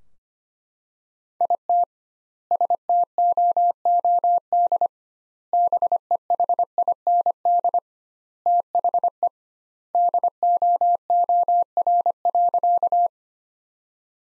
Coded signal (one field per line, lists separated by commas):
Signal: Morse code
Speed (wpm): 25 wpm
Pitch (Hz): 700 Hz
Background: none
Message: IT STOOD BEHIND THE DOOR.